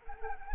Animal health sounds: mosquito wingbeat signal from an infrared sensor; Anopheles arabiensis

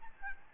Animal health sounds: mosquito wingbeat signal from an infrared sensor; Aedes albopictus

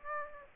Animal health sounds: mosquito wingbeat signal from an infrared sensor; Aedes aegypti

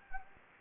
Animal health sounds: mosquito wingbeat signal from an infrared sensor; Anopheles gambiae

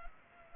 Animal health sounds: mosquito wingbeat signal from an infrared sensor; Culex pipiens

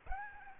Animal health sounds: mosquito wingbeat signal from an infrared sensor; Aedes aegypti

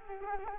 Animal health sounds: mosquito wingbeat signal from an infrared sensor; Culex quinquefasciatus

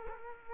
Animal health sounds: mosquito wingbeat signal from an infrared sensor; Culex quinquefasciatus

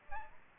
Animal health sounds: mosquito wingbeat signal from an infrared sensor; Aedes albopictus

